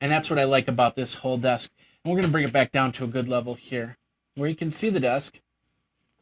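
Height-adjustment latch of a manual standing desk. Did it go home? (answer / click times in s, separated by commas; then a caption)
no / none. Someone talks while preparing to lower a manual standing desk, which is raised or lowered by pulling its handle to work the height-adjustment latch. The clip ends before the desk reaches its new level, so the latch has not yet clicked into place.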